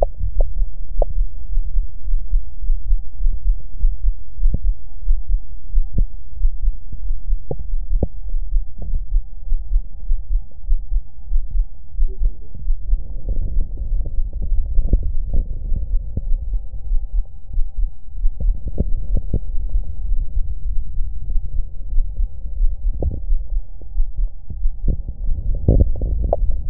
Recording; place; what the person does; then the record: lung sounds by stethoscope; left anterior apical chest; quiet breathing, then deep breathing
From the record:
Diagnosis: none (healthy); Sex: male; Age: 23 years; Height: 185 cm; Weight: 93 kg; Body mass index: 27.2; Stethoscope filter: extended mode